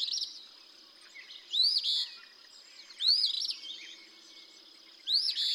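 Eastern Phoebe delivering four raspy song phrases, each a quick rising sweep into a buzzy burst.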